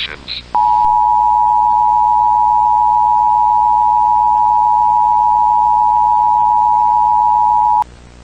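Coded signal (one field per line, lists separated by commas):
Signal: Emergency Alert System (SAME) tones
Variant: 853 and 960 Hz attention tone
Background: speech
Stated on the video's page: Fictional Emergency Alert System scenario presented as a found tape; nothing depicted really happened.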